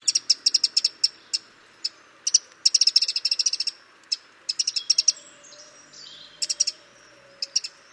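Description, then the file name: Eurasian wren calls: quick runs of hard, high ticking notes in clusters, broken by short pauses. "Troglodytes troglodytes"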